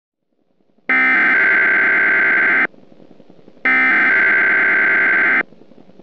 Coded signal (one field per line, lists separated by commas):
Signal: Emergency Alert System (SAME) tones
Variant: header bursts